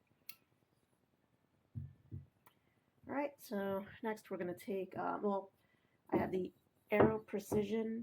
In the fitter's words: You'll hear a click if you're holding down the spring.